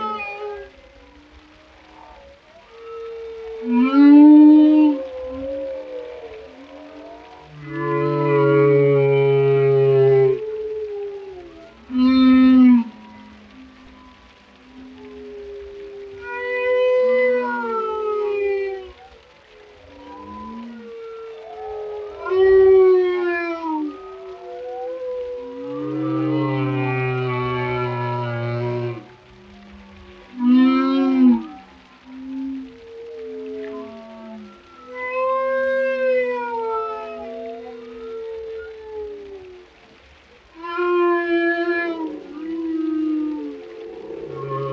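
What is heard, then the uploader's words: Whales sing in long, sliding calls that rise and fall, with moans, whoops and low steady tones arriving every few seconds across the whole clip. Some calls carry rich buzzing overtones. A faint low rumble of ocean water sits underneath throughout. A compilation of calming oceanic vibes featuring the melodic sounds of whales. The rhythmic ebb and flow of the ocean, accompanied by the serene symphony of whale songs.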